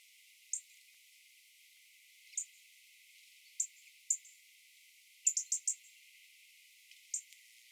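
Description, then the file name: European robin giving short, very high, thin notes, mostly single and widely spaced, with a quick burst of four later on. "Erithacus rubecula"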